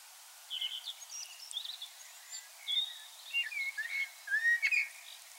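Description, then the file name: Common blackbird calling in short clusters of high whistled and chirped notes, some sliding downward, coming in repeated bursts over faint hiss. "Turdus merula"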